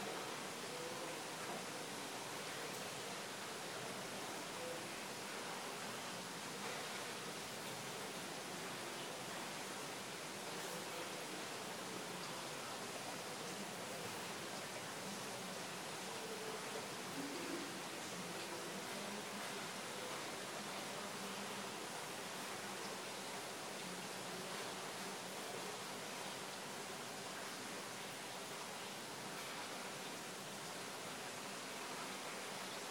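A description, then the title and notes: Rain falls in Berlin as a dense, even hiss that holds steady for the whole half minute, with no breaks or swells. The sound sits mostly in the upper and middle range, thin at the bottom, with faint scattered ticks of drops within the wash. Rain at Berlin.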